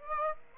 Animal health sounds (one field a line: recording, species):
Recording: mosquito wingbeat signal from an infrared sensor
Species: Aedes aegypti